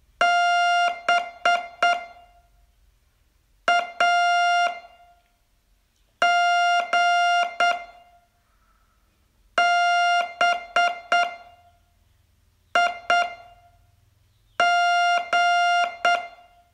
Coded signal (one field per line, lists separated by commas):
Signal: Morse code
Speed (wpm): 8 wpm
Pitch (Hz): 700 Hz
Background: music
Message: BAGBIG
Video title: Learn Morse in 42 Days from VU2LAU - day22